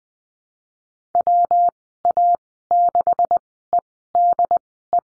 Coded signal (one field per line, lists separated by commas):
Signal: Morse code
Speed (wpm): 20 wpm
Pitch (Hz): 700 Hz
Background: none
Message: WA6EDE